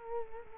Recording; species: mosquito wingbeat signal from an infrared sensor; Culex quinquefasciatus